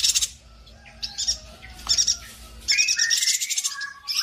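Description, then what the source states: Streaked spiderhunter giving high rattling bursts mixed with a few clearer whistled notes, ending in a longer run of rapid, buzzy chatter. Long, clear, vigorous singing (gacor) meant as a song-tutor (masteran) for birds.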